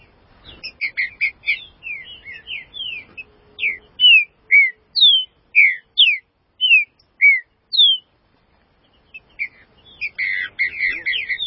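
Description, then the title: Green-winged saltator song: loud, clear whistled slurred notes repeated about twice a second, with softer busier twittering phrases before and after a brief pause. "Trinca Ferro"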